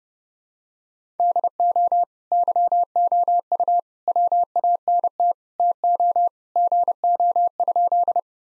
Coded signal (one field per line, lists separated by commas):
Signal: Morse code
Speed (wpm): 30 wpm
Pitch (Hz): 700 Hz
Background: none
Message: DO YOU WANT TO GO?